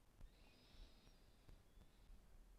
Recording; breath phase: one breath near a microphone; inhalation